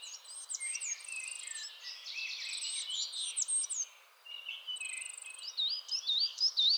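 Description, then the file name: Coal tit chatter, buzzy rattling phrases and high thin notes, then a brief lull followed by wavering whistled notes toward the end. Chattering (bavarde) calls. "MESANGE NOIRE BAVARDE"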